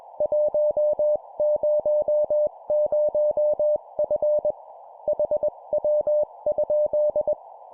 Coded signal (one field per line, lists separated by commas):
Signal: Morse code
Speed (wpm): 21 wpm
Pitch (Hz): 600 Hz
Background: none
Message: 100F HW?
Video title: 20wpm CW CQ QSO Operation Sample, CW morse code